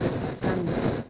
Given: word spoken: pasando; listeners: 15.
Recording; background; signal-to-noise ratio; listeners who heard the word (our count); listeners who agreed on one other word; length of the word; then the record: one Spanish word in noise, from a listening test; noise modulated by three-talker babble; -5.5 dB; 0 of 15; 9 of 15; 0.70 s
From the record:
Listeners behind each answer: 9, 2, 2, 1, 1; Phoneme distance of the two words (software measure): 51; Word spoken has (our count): 3 syllables, 7 phonemes, stress on syllable 2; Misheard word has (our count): 2 syllables, 6 phonemes, stress on syllable 1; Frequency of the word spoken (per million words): 49.11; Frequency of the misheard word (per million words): 136.32